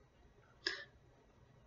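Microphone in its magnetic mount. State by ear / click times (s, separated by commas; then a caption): seated / 0.7 s. A Crystal Mic Pro microphone is moved in its magnetic mount, held by octagonal magnets that add friction, until it snaps into a magnetic detent position. A sharp click is heard at 0.7 s, followed by a brief ringing tail, and a much fainter tick comes at 1.7 s. The microphone seats in place, and the friction from the octagonal magnets lets it hold even between the clicks.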